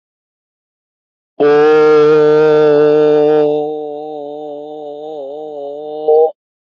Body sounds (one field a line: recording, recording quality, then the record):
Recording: sustained vowel as in boot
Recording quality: excellent, no background noise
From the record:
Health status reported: exposed to COVID-19, no respiratory illness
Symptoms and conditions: none ticked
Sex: male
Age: 30 years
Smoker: not ticked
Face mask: worn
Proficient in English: yes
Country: India